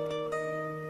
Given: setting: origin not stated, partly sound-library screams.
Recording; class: one-second piece from a danger detection set; normal situation